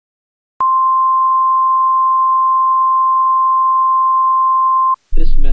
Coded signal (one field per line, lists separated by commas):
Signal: Emergency Alert System (SAME) tones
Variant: 1050 Hz attention tone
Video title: EAS Scenario #1: Extraterrestrial Invasion (Aliens)